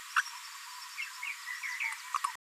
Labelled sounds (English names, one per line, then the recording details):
Green-rumped Parrotlet babbling
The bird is a female
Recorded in a nest box in Venezuela
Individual 17B73B2